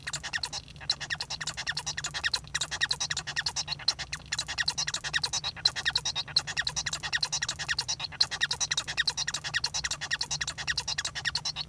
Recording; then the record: song of a male Bengalese finch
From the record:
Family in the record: son of father 1